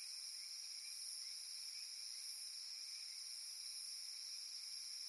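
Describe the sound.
High, hissing cicada buzz held steady and unbroken, with a few faint low ticks underneath.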